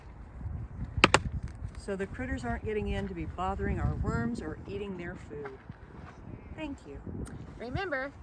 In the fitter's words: you can hear the snap of security right here